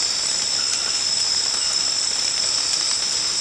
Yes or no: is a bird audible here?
no